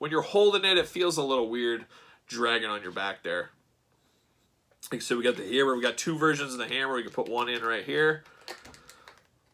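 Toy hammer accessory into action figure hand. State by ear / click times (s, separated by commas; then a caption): seated / 8.5 s. Someone talks while pushing a plastic hammer accessory into the hand of a Marvel Select Mighty Thor action figure. A short, sharp click at 8.5 s marks the hammer popping into the hand and seating, followed by a few faint ticks.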